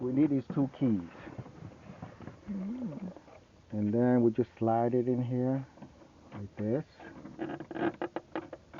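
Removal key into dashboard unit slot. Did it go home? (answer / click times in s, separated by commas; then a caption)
no / none. Someone talks while a removal key is slid into a slot in the dashboard unit of a 2016 Audi Q5, part of installing an aftermarket backup camera, with two short, sharp ticks near the end at about 8.2 and 8.4 seconds. Nothing has clicked or seated yet when the clip ends.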